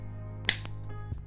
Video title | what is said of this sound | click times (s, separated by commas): GOPRO HERO6 Black / GOPRO 3-Way Mono-Pod [Features & My Usage] | this does keep the girl nice and tight and sealed inside its protective case snaps back in | 0.5 s